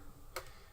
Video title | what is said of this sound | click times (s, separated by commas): Better than Gamecube Component Cables?!? EON GCHD HDMI Adapter Review | you just keep going till you hear that little click and then | 0.4 s